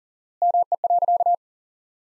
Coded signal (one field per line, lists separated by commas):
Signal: Morse code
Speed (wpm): 40 wpm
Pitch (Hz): 700 Hz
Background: none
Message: ME.